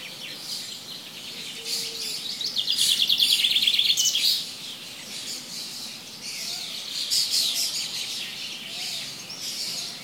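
Bird song: a quick high trill of repeated notes, with fainter chirps before and after.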